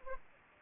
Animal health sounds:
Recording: mosquito wingbeat signal from an infrared sensor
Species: Aedes aegypti

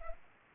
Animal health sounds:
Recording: mosquito wingbeat signal from an infrared sensor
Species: Culex pipiens

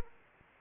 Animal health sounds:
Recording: mosquito wingbeat signal from an infrared sensor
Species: Anopheles arabiensis

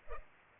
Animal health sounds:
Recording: mosquito wingbeat signal from an infrared sensor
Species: Culex pipiens

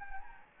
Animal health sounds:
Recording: mosquito wingbeat signal from an infrared sensor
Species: Anopheles gambiae

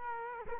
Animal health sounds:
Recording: mosquito wingbeat signal from an infrared sensor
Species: Culex quinquefasciatus

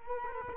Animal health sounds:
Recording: mosquito wingbeat signal from an infrared sensor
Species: Culex quinquefasciatus

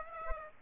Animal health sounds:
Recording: mosquito wingbeat signal from an infrared sensor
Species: Aedes aegypti

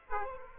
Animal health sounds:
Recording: mosquito wingbeat signal from an infrared sensor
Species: Aedes aegypti

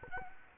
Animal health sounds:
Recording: mosquito wingbeat signal from an infrared sensor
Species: Anopheles gambiae

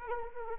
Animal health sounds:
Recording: mosquito wingbeat signal from an infrared sensor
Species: Anopheles arabiensis

